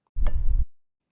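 A new wiper blade's pressure clips are lined up with the J-hook on a windshield wiper arm, and the blade is slid along the hook. A sliding rumble runs from about 0.2 to 0.6 seconds, with a short, sharp click at 0.3 seconds as the blade snaps into place. The blade is seated on the J-hook.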